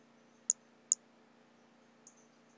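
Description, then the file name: White-lined pumpkin toadlet call: two brief, very high-pitched chirping notes about half a second apart, then a fainter third note, over a quiet low hum. Individual number 15, unvouchered. "Brachycephalus albolineatus individual 15 unvouchered"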